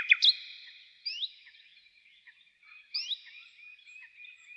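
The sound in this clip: Bird calls: a few sharp chirps, then soft upslurred whistles about two seconds apart over faint twittering.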